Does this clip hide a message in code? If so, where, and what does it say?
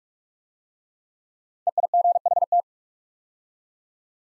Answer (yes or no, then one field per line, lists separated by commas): yes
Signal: Morse code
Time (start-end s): 1.7-2.6 s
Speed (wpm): 44 wpm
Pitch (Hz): 700 Hz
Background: none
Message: EIGHT